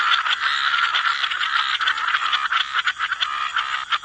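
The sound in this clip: Frogs calling together in a thick, steady chorus of rattling trills and croaks, with hardly a pause.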